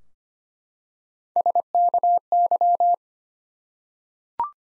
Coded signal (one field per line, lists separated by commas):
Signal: Morse code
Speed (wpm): 25 wpm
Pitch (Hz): 700 Hz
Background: none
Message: SKY